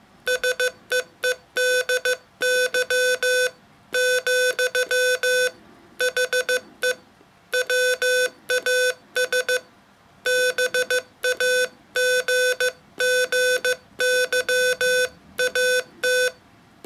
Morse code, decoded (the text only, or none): SEEDY , HE WAS BAGGY AT